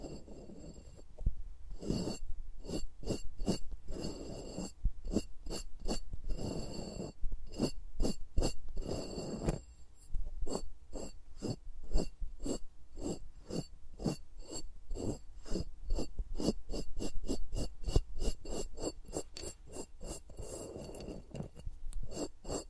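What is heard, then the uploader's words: No-talking ASMR of fingers moving against microphones, making a dense stream of quick taps, scrapes and rubbing touches. Sharp bright clicks repeat rapidly through the whole stretch, with brief softer, muffled rustling passages around 5–7, 8–10 and 20–22 seconds, and a faint low hum underneath. ASMR with Mics Around My Fingers (No Talking).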